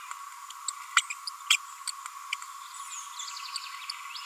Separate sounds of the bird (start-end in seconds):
0.96-1.00, 1.10-1.12, 1.50-1.56, 1.87-1.89